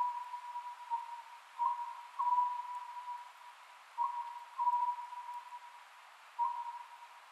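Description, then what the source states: Oriental scops owl calling a short hooted phrase several times, spaced by roughly two seconds, over continuous background hiss. Recorded 27 May 2010 at 22:21.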